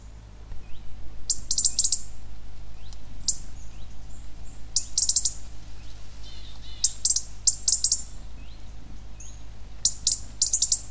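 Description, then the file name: European robin uttering sharp, very high ticking notes, often in quick clusters of two to four, repeated irregularly throughout, over a steady low hum. "Erithacus rubecula"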